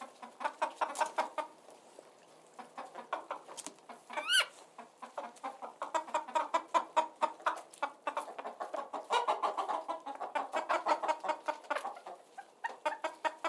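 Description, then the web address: Chickens clucking, a dense stream of short overlapping clucks from several hens, with one rising, stretched squawk near four seconds and brief quieter gaps. Ambience from inside a hen house with chickens. "Blastwave ANIMALS Hen House Ambience"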